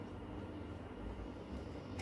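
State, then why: Not seated. A plastic flight battery pack is being handled back into the body of a DJI Mavic Mini 3 Pro drone, with a steady low rumble of background noise throughout. A brief sharp sound rises right at the end, around 2.0 s, but the battery has not yet seated or clicked into its bay.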